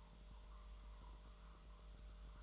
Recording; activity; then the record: daily activity, microphone in the room; make coffee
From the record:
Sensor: 3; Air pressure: 1009.4 hPa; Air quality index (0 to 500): 198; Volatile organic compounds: 17 ppm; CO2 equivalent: 2565 ppm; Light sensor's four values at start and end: 33/83/35/37 and 33/83/35/37